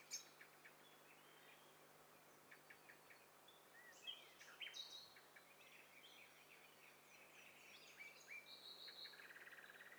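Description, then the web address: Birds calling softly: scattered faint chirps, brief whistles and twitters from several callers, with a steady buzzing drone toward the end. Several birds calling at once, in hi-fi stereo. "Hi Fi STEREO BIRD COCKTAIL PARTY Challenge"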